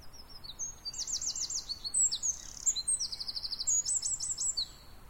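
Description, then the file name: Eurasian wren delivering a loud, high, fast-paced song of rattling trills and repeated sharp notes that switch speed several times. "Troglodytes troglodytes"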